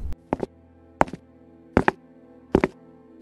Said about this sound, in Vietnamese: Nhưng tiếng động vừa rồi thì ra là những cành vảy đã khô rơi xuống nóc nhà.